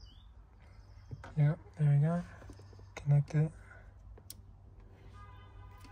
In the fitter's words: make sure you hear that click when you connect them